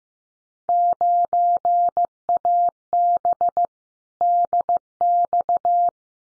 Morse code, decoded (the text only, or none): 9AB DX